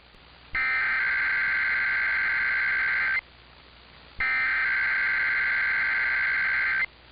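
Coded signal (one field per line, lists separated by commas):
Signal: Emergency Alert System (SAME) tones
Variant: header bursts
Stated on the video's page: Required Monthly Tests for Los Angeles and Nevada, plus automatic Required Weekly Tests from two radio stations.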